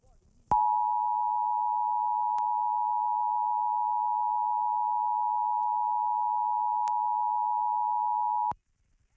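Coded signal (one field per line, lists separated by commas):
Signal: Emergency Alert System (SAME) tones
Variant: 853 and 960 Hz attention tone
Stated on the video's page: Required Monthly Test received on Little Rock, Arkansas television stations, originated by the statewide PBS member network.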